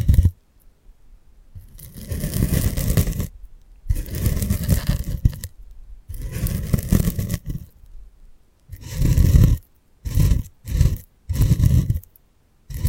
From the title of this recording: 3D panoramic ear picking with various props